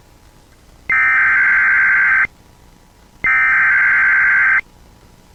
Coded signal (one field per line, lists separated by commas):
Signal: Emergency Alert System (SAME) tones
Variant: header bursts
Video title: EAS 129 SVR